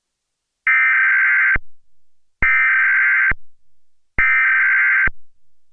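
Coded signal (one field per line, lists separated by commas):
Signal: Emergency Alert System (SAME) tones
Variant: header bursts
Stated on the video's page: Mock tornado alert for Los Angeles using valid EAS tones.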